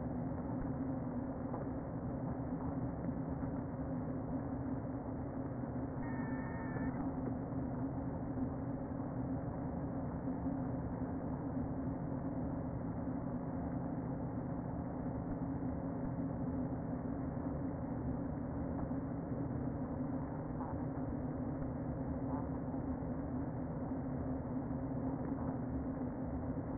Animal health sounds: honeybee colony, microphone inside the hive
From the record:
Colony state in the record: queen present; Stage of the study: before two queens were removed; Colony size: about 60,000 bees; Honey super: yes

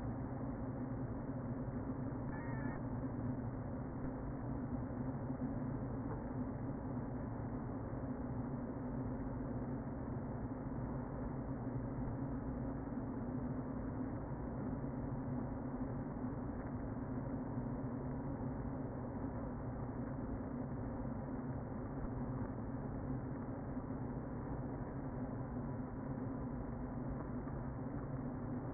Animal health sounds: honeybee colony, microphone inside the hive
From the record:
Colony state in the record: queen present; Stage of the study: before two queens were removed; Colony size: about 60,000 bees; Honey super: yes

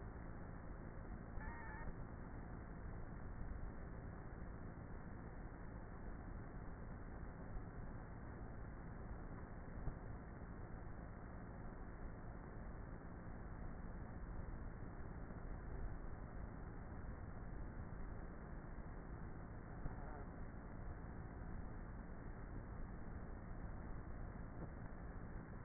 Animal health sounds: honeybee colony, microphone inside the hive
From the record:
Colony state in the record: queenless with a low population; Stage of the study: before two queens were removed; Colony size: about 30,000 bees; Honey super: no

